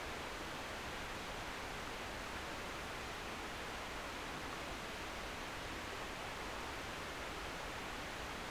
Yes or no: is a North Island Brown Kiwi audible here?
no